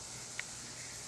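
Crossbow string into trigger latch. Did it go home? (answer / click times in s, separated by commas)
no / none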